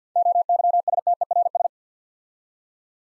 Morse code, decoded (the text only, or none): OYSTERS